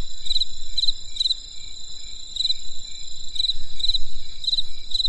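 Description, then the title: Insect chorus of a steady high whine and pulsed chirps, a pause midway, then chirps resuming, over low background hum. Crisp insect sounds on a winter night in the countryside. "There was a crisp sound of insects in the winter night. Come and experience a sound therapy feast from the countryside"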